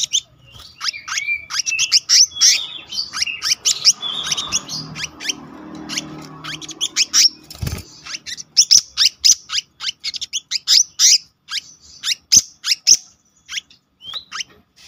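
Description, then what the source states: Selendang biru singing a long continuous rolling song of quick high chirps, squeaky notes and short whistles, briefly softer midway, then resuming with fast sharp pips. Continuous rolling song with fill-in phrases, described in Indonesian as gacor ngeroll isian.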